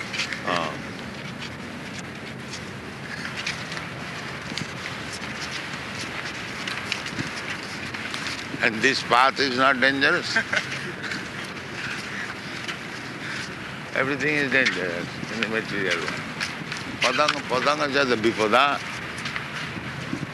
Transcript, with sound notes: Oh. And this path is not dangerous? [laughter] Everything is dangerous in the material world. Padaṁ padaṁ yad vipadām.